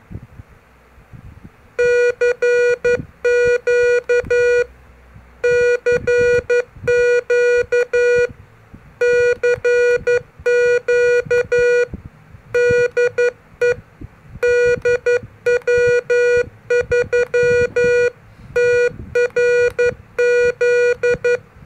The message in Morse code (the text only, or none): CQ CQ CQ DE DW3TRZ